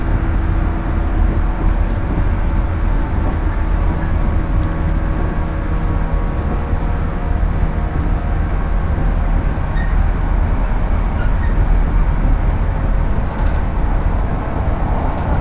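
Riding on the Shinano Railway / Hokuriku Shinkansen line between Komoro, Ueda and Nagano, a steady low rumble of the train fills the whole stretch without letup. Faint whining tones hover above it, with a few brief clicks and ticks scattered throughout.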